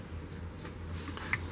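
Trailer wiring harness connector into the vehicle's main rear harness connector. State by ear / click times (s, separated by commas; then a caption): seated / 1.2 s, 1.3 s. A trailer wiring kit's plastic multi-pin connector is pushed back into a Range Rover Sport Supercharged's main rear harness connector. Two short, sharp clicks at 1.2 s and 1.3 s, the second louder, sound over a low steady hum. The connector clicks into place and is seated.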